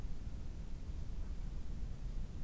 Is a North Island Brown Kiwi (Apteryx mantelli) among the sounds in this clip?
no